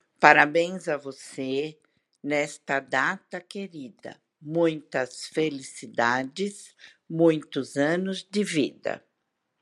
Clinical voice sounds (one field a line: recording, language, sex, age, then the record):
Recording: short text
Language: Brazilian Portuguese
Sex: female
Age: 60 to 69 years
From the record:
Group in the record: control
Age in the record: 69 years